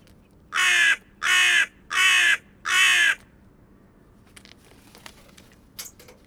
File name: Hooded Crow - Corvus cornix cornix PILKOJI VARNA